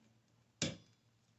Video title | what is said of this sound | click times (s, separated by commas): How to replace windshield wipers of Toyota & the difference between OEM and michelin wiper. | You push it up, you hear the click sound, hear that. | 0.6 s